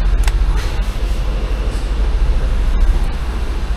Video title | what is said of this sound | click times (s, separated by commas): Lkw " Ich habe einen Auftrag " | schön eingerastet | 0.3 s